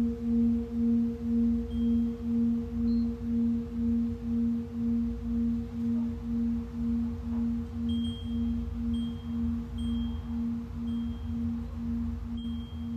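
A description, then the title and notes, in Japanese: A singing bowl rings with a steady low hum and a clear higher overtone, its tone swelling and fading in a slow, even pulse about twice per second. Faint high tinkles drift in now and then, especially in the second half, over a soft low rumble. 真夜中の シンギングボウルのサウンドヒーリング ライブ。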